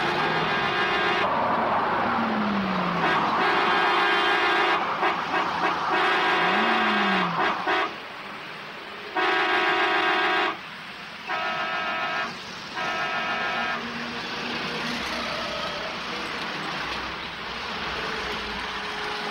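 Steady road traffic rumble of cars and a truck broken by loud, blaring vehicle horns as the truck's path is blocked: two long blasts, then several shorter honks in a choppy rhythm, before the engine noise carries on alone. No one speaks.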